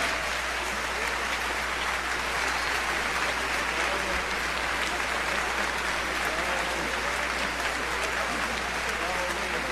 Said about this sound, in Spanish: Vamos a recibirlos con un fuerte aplauso. Que sean tan amables.